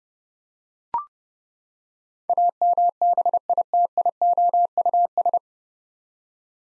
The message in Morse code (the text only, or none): AMBITIOUS